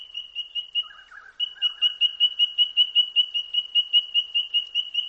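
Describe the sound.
White-throated treecreeper call: a rapid, steady run of high piping notes at one pitch, with brief lower rough notes early on.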